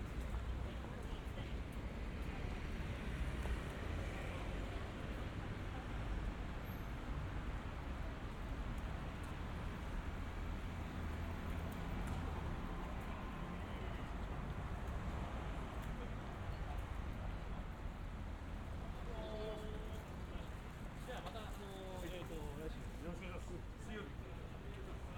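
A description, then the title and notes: A walk through Harajuku, Tokyo, with a dense, steady wash of crowd chatter and street noise throughout. Voices overlap constantly over a low rumble of traffic, and near the end a few clearer voices stand out briefly above the crowd. 3D AUDIO Walking in Harajuku(原宿)Tokyo, Japan.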